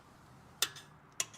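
An inexpensive click torque wrench set to 95 lb-ft tightens a lug nut on a car wheel in one stroke against a low, steady background. A sharp click at 0.6 s is the wrench reaching its set value, and a second click at 1.2 s is the mechanism releasing onto the next tooth.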